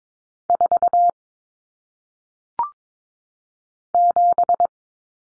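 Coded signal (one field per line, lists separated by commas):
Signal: Morse code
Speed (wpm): 22 wpm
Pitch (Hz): 700 Hz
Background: none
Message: 4 7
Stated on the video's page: Morse practice drill of single-digit numbers sent at 22 wpm for head-copy.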